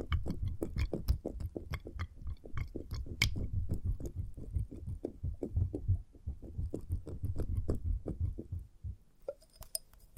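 Experimental trigger sounds in test tubes: a dense run of quick taps, clicks and scratches over a low, muffled thumping rumble. The pace is irregular but busy throughout, with sharp bright ticks, before things thin out near the end and a brief ringing tone appears.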